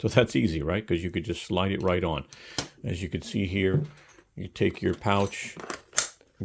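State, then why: Seated. Someone talks while a plastic ToughBuilt tool pouch is slid onto a ClipTech clip mount rail. A sharp click at 6.0 s marks the pouch clip latching and locking in place, followed by a few faint ticks.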